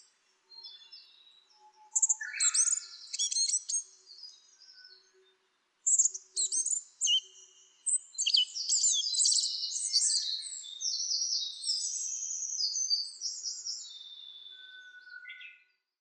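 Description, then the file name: Asian brown flycatcher song: long runs of fast, high twittering and scratchy trills, broken by a few brief pauses. "sikatan bubik"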